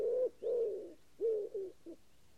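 Common wood pigeon, a few low hoarse coos, two longer notes then a shorter pair and a brief final note.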